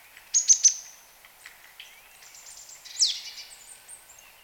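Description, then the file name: Marsh tit calls: three sharp high notes, then quieter twittering and a louder harsh falling note. "Poecile palustris"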